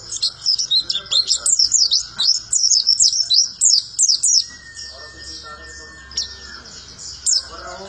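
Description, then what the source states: White-eye song: quick high chirping bursts for four seconds, then quieter with a long level whistle and a few scattered high notes. Melodious, long song.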